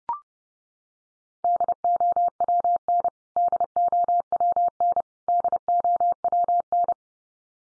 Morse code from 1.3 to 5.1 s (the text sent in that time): DOWN DOWN